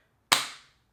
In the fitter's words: very solid click on there you get a very nice very loud click